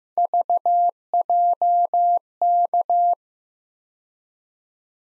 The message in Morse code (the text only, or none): VJK